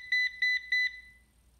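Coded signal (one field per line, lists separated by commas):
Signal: beep code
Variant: Ecovacs DEEBOT robot vacuum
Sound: three short high electronic beeps in quick succession, then silence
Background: low room hum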